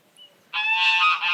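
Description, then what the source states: Goose: a loud, harsh, drawn-out honking burst with rich overtones after a brief quiet moment. Geese by a river having little arguments, getting a bit cross with each other.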